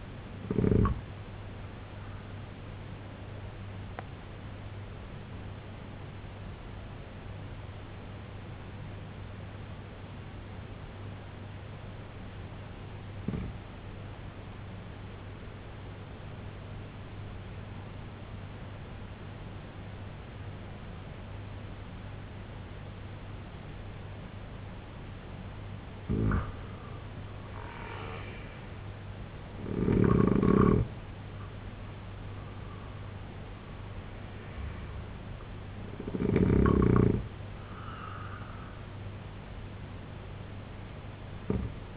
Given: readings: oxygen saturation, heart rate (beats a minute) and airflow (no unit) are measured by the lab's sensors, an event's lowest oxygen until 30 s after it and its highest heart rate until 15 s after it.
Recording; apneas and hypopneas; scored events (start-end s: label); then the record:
breathing in sleep by a voice recorder at the bedside; 1
3.00-25.50 s: obstructive apnea (N1, oxygen 93% highest, then 83% lowest, heart rate 66 at the start, 86 highest)
12.00-41.97 s: new sleep stage, N2 (light sleep)
From the record:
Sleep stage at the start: N1 (lightest sleep); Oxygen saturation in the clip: 84 to 93%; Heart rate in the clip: 65 to 86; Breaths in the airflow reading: 4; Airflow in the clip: -8.3 to 5.5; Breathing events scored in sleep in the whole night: 258 in 7.4 hours asleep